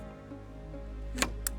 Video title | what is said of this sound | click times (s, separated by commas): Unboxing Cobra MT40VXLE Lawn Edge Trimmer Attachment | like that. So that is in now. It won't come out. | 1.2 s, 1.5 s